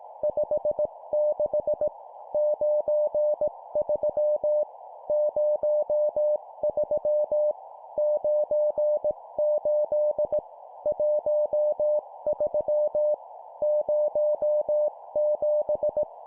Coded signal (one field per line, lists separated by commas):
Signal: Morse code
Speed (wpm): 18 wpm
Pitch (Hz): 600 Hz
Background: none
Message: 56 93 03 98 13 07